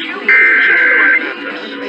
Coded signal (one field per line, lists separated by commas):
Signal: Emergency Alert System (SAME) tones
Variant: header bursts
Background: speech